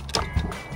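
On an MFD 5000 heavy-lift drone, a folding arm is swung out and pops into its quick-release latch on the frame with a sharp click at 0.1 s (0.15 s). A second thud follows around 0.4 s over a low background hum. The arm seats and locks into position.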